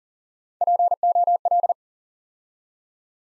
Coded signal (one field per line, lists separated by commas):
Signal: Morse code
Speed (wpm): 41 wpm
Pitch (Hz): 700 Hz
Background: none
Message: POL